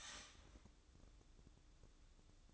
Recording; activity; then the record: daily activity, microphone in the room; start toaster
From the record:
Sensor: 3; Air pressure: 1007.2 hPa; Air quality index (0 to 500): 58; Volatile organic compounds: 1 ppm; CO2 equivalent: 602 ppm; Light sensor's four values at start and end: 7/17/7/7 and 7/17/7/7